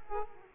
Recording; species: mosquito wingbeat signal from an infrared sensor; Aedes aegypti